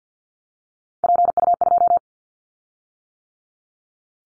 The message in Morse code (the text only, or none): PU2